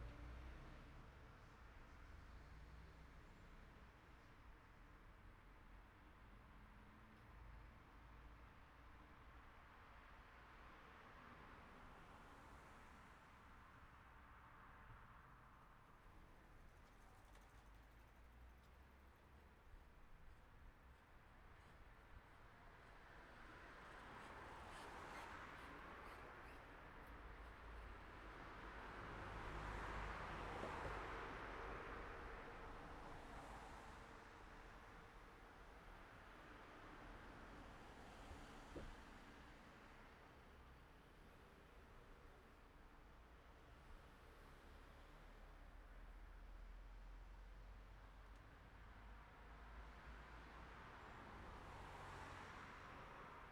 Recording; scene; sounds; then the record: everyday scene through a hearing-aid microphone; in traffic; traffic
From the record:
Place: city secondary road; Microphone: behind the ear, right, rear